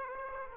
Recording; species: mosquito wingbeat signal from an infrared sensor; Aedes aegypti